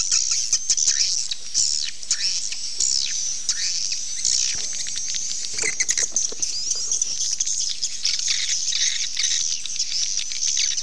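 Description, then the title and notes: Swiftlets chirping in a constant high, thin chorus, with scattered clicks and a few brief squeaky notes. Associated with swiftlet farming in Asia. "Swiflet Bird Sound. Farming Swiflet Bird asia sound"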